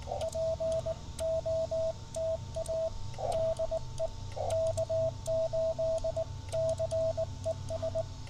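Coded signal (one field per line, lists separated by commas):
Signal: Morse code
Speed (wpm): 19 wpm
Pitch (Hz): 650 Hz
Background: radio noise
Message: POTA DE K8CES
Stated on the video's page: Park activation CW from Henry Horton State Park, Tennessee, on a Yaesu FT-817 with 300 Hz filter and CHA SS25 antenna.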